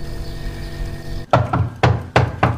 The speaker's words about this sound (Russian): Стук в дверь.